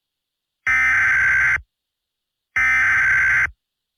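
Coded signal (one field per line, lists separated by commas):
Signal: Emergency Alert System (SAME) tones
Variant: header bursts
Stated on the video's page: Parody EAS tornado alert with fart sounds.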